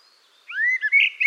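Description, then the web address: Bird calling: a long rising whistle followed by a few short slurred notes. "cianscape birddata Deverinetal 2025 File origin Bird Only Tu Me Tu Me"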